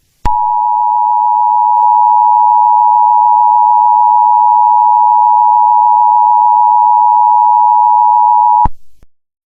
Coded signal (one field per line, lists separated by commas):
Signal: Emergency Alert System (SAME) tones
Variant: 853 and 960 Hz attention tone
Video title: Eas Scenario(Analog Horror) Blue Moon Virus